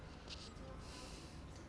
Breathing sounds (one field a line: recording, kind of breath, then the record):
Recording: one breath in and out by a microphone near the nose and mouth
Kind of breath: normal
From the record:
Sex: male